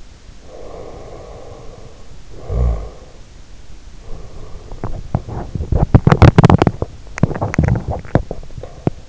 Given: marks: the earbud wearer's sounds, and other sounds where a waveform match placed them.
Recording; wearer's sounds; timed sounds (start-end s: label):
sounds in sleep by an in-ear microphone; snoring breath, teeth grinding
0.31-3.43 s: snoring breath
4.08-9.08 s: teeth grinding